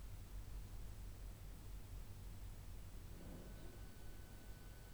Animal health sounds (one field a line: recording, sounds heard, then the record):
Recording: poultry house recording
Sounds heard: no chicken sound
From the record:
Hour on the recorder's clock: 11